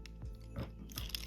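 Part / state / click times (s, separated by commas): plastic back tabs of action figure fitting into each other / not seated / none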